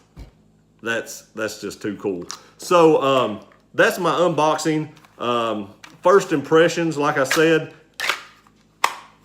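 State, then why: Seated. Someone talks over a pistol fitted with an Olight PL-Mini weapon light as it is pushed into a rigid TUXTON Tactical holster. A few faint ticks come first, then a single sharp snap at 8.8 s as the holster's retention engages and the pistol seats with a positive click.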